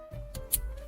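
A second plastic wiring harness plug is pushed into the socket just below the first one on an Apple CarPlay and Android Auto interface module for a 2013–2020 Infiniti JX35/QX60. Two sharp clicks sound at 0.4 s and 0.5 s over a faint steady background tone, and the connector is seated.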